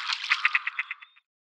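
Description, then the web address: Gadwall display call: a quick rattling series of raspy pulses that fades out over about a second. "Schulze Peter Gadwall display"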